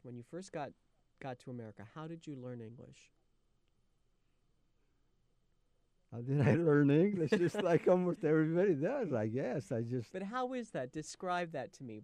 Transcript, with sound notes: When you first got, got to America, how did you learn English?
How did I learn English? [Both laugh] Just like almost everybody does, I guess! I just --
But how is that? Describe that to me.